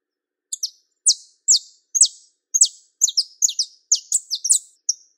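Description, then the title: Belgian canary giving rapid, piercing chirps that fall in pitch, starting sparse and speeding into close pairs and triplets; clean, quiet background. Song of a pure-bred Belgian canary. "Canto Do Canário Belga Puro"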